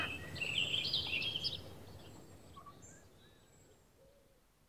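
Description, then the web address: House sparrow chirping: a quick burst of rapid, harsh chirps in the first second and a half, then a few faint scattered notes fading into quiet background hiss. "BBC Sound Effects Library - Birds House Sparrow (Passer Domesticus)"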